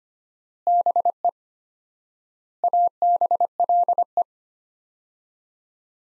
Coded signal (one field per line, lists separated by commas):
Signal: Morse code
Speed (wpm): 25 wpm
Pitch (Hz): 700 Hz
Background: none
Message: BE ABLE